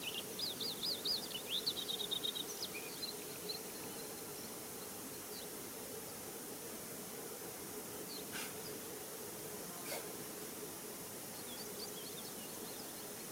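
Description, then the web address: Bluethroat song: a quick run of ringing, trilled and scratchy notes over the first three seconds, then steady hiss with a few sharp clicks. Recorded 20 June 2023. "fagelljud 20230620 blahake"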